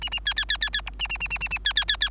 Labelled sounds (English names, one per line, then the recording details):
Bengalese Finch song
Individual Bird3